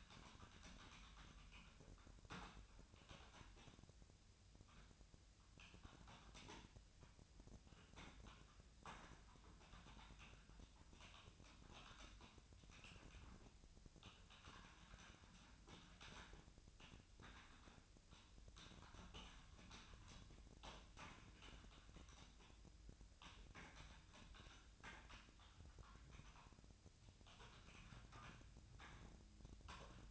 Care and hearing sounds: daily activity, microphone in the room; typing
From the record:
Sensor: 2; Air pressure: 1009.3 hPa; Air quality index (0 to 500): 187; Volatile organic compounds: 11 ppm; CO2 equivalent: 2323 ppm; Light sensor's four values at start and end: 23/56/24/26 and 24/58/25/27

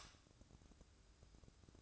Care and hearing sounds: daily activity, microphone in the room; light off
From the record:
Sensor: 2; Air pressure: 1007.7 hPa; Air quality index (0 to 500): 94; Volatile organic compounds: 1 ppm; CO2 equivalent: 717 ppm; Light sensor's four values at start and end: 12/33/13/13 and 7/18/7/7

